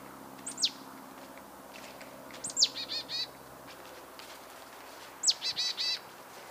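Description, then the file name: Marsh tit calls: a sharp, high downslurred note and then a quick run of three or four nasal, buzzy notes. The phrase comes twice, after a lone sharp note, over steady low background hiss. "Poecile palustris"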